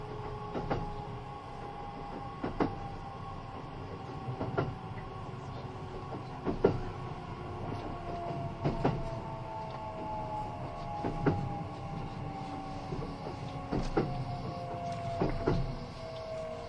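A Kintetsu 80000 series Hinotori express train runs under a steady low rumble, with a motor whine of two tones sliding slowly downward. Sharp wheel clacks over rail joints come every two seconds or so throughout.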